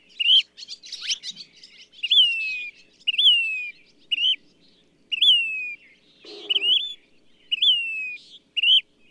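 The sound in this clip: Bird singing bright whistled phrases about once a second, slurred downward notes mixed with short chirps and a scratchy burst, against a quiet background.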